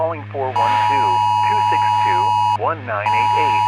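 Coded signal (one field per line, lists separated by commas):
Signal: Emergency Alert System (SAME) tones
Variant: 853 and 960 Hz attention tone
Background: speech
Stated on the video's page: Fictional EAS scenario.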